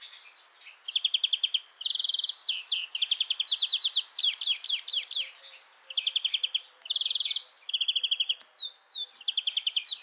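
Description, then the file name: European greenfinch trilling song, fast runs of bright chirps in steady bursts, each trill lasting under a second and following one another with short pauses. "Chloris chloris"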